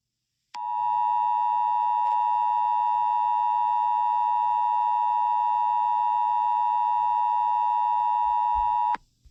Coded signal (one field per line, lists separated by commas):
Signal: Emergency Alert System (SAME) tones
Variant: 853 and 960 Hz attention tone